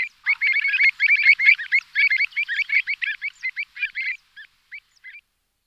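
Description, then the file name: Pied avocet calls in a rapid series of many ringing notes, thinning into a few spaced calls. "SHiloklyuvka Recurvirostra avosetta"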